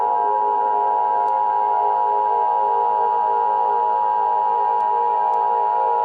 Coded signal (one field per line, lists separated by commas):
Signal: Emergency Alert System (SAME) tones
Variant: 853 and 960 Hz attention tone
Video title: EAS Scenario: New Years DOOM